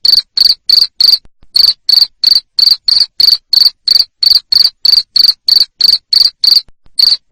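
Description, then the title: Cricket chirping loudly in a steady train of short, shrill pulses about three per second, with a brief pause after the first few chirps. Loud cricket chirping used to stimulate lovebirds into continuous singing. "Suara JANGKRIK NGERIK Keras Bikin LOVEBIRD Jadi NGEKEK Terus Vubey"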